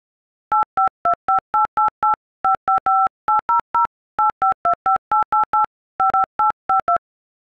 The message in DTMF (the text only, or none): 852588855580085258885852